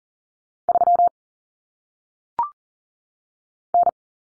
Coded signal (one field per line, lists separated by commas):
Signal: Morse code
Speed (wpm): 40 wpm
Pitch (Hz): 700 Hz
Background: none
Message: 3 N